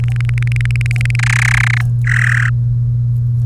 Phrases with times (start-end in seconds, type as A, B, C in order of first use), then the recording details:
0.04-1.16 A, 1.19-1.81 B, 2.07-2.49 C. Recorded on 30 April 2018 at 16:20. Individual llb3